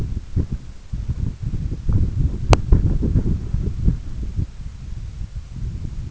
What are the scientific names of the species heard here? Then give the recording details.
none. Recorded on Arctic tundra, site EABA-1, on 21 June 2018. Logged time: 02:00